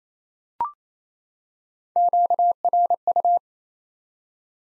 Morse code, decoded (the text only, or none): QRU